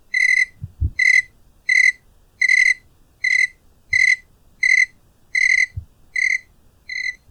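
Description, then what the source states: Cricket giving ringing chirps at an even pace, roughly one every 0.7 seconds, with a few soft low knocks in the background. A single cricket.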